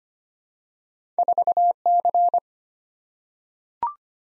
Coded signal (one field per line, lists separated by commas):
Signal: Morse code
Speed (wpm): 25 wpm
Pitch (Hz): 700 Hz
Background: none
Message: 4C